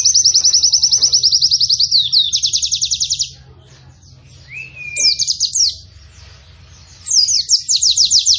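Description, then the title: White-eye: pleci song: an extended high rapid trill over three seconds, a short whistle, scattered chirps, then another quick trill at the close. Described as a lively pleci delivering long bursting song with canary-like phrases. "Pleci Gacor. Pleci Nembak Panjang Istimewa Full Kenarian SobekSobek"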